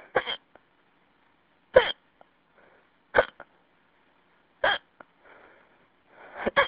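Five sharp, abrupt hiccups from an adult, about every 1.5 seconds, roughly 40 a minute, over a quiet phone line in a phone message.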